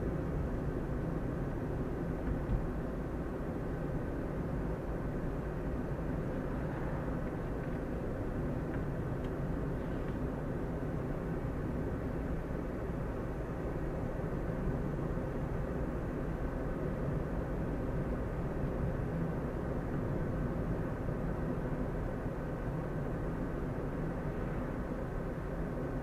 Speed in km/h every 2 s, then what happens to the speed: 41, 42, 43, 43, 43, 43, 44, 45, 46, 47, 48, 48, 47.
0-26 steady at about 44.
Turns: none.